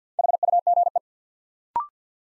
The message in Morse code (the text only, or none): HUGE